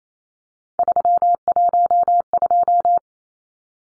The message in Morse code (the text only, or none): 312